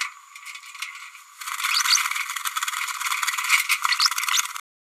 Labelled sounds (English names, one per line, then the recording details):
Green-rumped Parrotlet babbling
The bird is a male
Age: 27 days
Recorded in a nest box in Venezuela
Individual 17B102A4